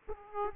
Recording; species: mosquito wingbeat signal from an infrared sensor; Aedes aegypti